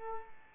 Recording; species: mosquito wingbeat signal from an infrared sensor; Culex pipiens